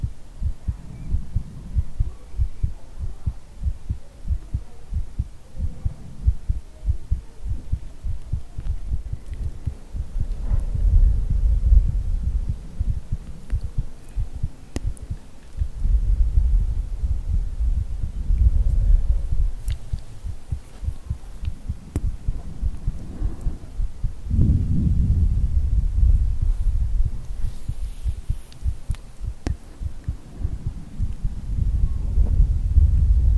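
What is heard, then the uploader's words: A muffled heartbeat thumps low and steady throughout, under rumbling blowing bursts that swell around 10, 17, and 24–27 seconds, with faint clicks above. ASMR hugging your head - heartbeat with ear blowing.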